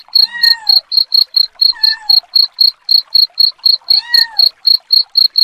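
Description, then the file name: Cricket chirping in a regular high pulse train, joined by three falling cat meows. Cricket chirping combined with cat sounds, presented as a rat repellent. "suara kucing dan jangkrik pengusir tikus"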